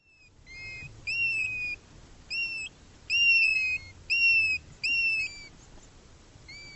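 Bird whistling: clear, pure, high whistled notes, each fairly steady, given in a slow, irregular series of several.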